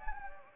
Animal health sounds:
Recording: mosquito wingbeat signal from an infrared sensor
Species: Anopheles gambiae

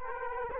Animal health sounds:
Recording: mosquito wingbeat signal from an infrared sensor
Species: Culex quinquefasciatus

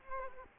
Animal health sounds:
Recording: mosquito wingbeat signal from an infrared sensor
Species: Culex quinquefasciatus

